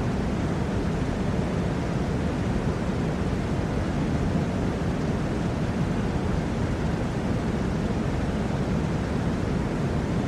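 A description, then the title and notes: A fan runs with a steady, dense whoosh that holds the same level for the whole ten seconds. The sound is weighted low and full, with a soft airy hiss above it. Nothing else breaks through, and there are no distinct events or changes. Sleep Sounds Fan Noise.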